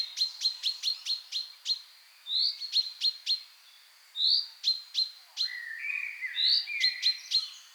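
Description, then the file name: Common chaffinch calls: bursts of clipped, high 'pink' notes broken by short gaps, mixed with a few slurred whistles. "Fringilla coelebs"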